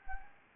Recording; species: mosquito wingbeat signal from an infrared sensor; Anopheles gambiae